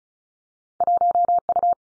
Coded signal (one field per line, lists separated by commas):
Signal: Morse code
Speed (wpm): 36 wpm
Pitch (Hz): 700 Hz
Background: none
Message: 1 U